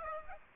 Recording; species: mosquito wingbeat signal from an infrared sensor; Aedes aegypti